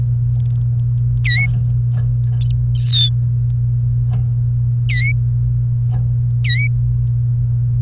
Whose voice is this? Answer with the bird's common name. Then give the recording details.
Domestic Canary. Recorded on 28 April 2018 at 08:05. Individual llb3